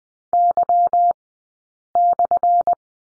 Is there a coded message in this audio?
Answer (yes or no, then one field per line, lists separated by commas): yes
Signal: Morse code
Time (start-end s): 0.3-2.7 s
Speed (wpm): 20 wpm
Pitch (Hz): 700 Hz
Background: none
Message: Y/